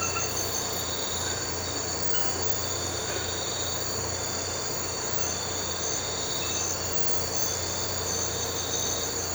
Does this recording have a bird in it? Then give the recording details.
no. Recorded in pastures near Puerto Asís, Putumayo, Colombia, on 9 March 2025 at 01:30. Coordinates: 0.466, -76.322. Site CSA-02